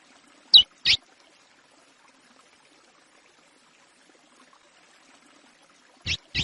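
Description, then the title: Chestnut-bellied seed finch song: a pair of clipped, bright high notes, about five seconds of silence, then another similar pair. Praia classic (Praia Clássico) song style, played for training young birds. "CURIÓ CANTO PRAIA CLÁ SSICO PARA TREINAMENTO DE FILHOTES"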